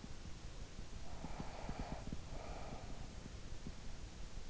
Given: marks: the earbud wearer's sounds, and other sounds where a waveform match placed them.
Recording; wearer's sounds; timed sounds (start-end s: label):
sounds in sleep by an in-ear microphone; breath
0.87-3.54 s: breath